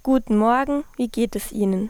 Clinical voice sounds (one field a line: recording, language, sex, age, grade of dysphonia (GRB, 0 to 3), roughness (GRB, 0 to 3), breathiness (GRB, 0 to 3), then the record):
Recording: spoken sentence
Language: German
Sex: female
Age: 18 to 19 years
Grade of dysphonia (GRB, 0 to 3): 0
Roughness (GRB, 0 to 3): 0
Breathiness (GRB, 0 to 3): 0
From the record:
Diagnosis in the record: healthy voice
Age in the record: 18 years